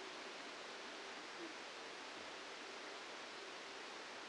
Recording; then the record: brain microelectrode recording played as sound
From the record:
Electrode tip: outside the subthalamic nucleus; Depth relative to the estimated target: 2 mm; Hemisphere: left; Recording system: NeuroSet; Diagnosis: Parkinson's disease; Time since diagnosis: 8 years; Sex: male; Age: 65 years